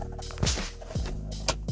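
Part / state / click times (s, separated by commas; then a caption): airbag connector plug into steering wheel socket / seated / 1.5 s. The airbag wiring plug is lined up and pushed into its socket on the steering wheel, with music playing underneath. A sharp click at 1.5 seconds marks the connector snapping in, and it is confirmed seated.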